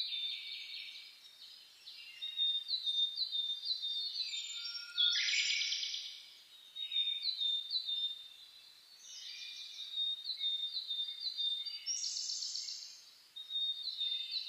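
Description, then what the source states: Chorus of birds with dense high twitters and chirps, broken by a few louder buzzy bursts and brief quieter lulls. Dawn chorus (reimei) of birdsong (saezuri), recorded 10 May 2010.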